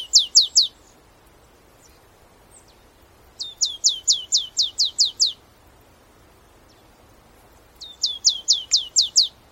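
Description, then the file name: Marsh tit giving three bursts of quick, high, downslurred notes, the middle burst longest at around nine notes, separated by several seconds of quiet. "Poecile palustris"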